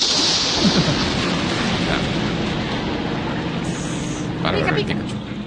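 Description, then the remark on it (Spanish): A cartoon-style Pikachu Thunderbolt attack sound effect from Pokémon: a sustained, loud crackling hiss with sizzling bursts and a low rumble underneath, building in brief surges toward the end. “Mira, está pidiendo aquí al final nuestro amigo Bardiel que hoy en vez de un Shazam quiere que le pongamos un Pikachu Impact Trueno.”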